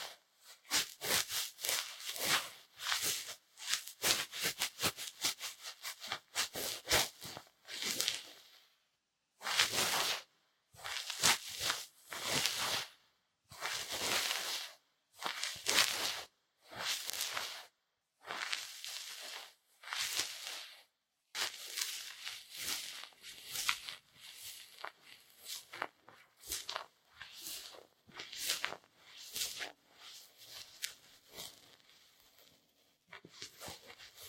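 Ear cleaning: scratchy, crackling rubbing comes in quick bursts, each a fraction of a second to about a second long. The strokes are dense and rapid in the first seconds, spread out with short silences around the middle, then bunch up again toward the end.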